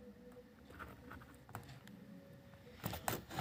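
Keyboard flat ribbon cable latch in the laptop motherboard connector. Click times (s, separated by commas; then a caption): 3.1 s. The black locking flap on a laptop's keyboard ribbon-cable connector in the motherboard is pressed down to lock the flat ribbon cable in place. Faint handling ticks come first, then a sharp click at 3.1 s as the latch locks. The cable is seated and locked properly.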